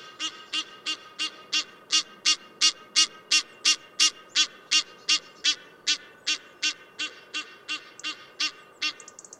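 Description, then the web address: Egyptian goose giving a long, steady run of harsh, rasping honks, roughly three each second, evenly paced, building in loudness then easing slightly. "Tierstimmen Nilgans"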